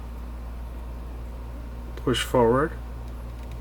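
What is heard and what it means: The tabs of an Oakley Flak Jacket XLJ temple arm are lined up in the sunglass frame's hinge holes, ready to be pushed forward. Someone talks briefly around 2.1 to 2.7 s over a steady low hum. The temple has not snapped into place yet, and nothing has clicked.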